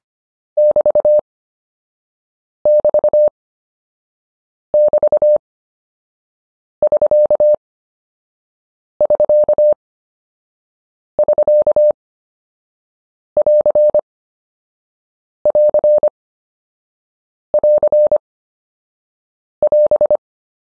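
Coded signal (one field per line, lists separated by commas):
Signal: Morse code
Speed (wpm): 25 wpm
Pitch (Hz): 600 Hz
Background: none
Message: <BT> <BT> <BT> <SK> <SK> <SK> <AR> <AR> <AR> <AS>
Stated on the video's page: Morse prosigns lesson, final module of an anchor words course.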